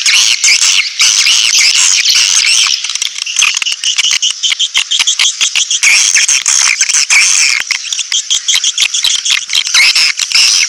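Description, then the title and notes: Swiftlet chorus: a steady wash of high chirps and twitters with clicking pulses running through it. Swiftlet farming lure sound, Asia. "Swiflet Bird Sound. Farming Swiflet Bird asia sound"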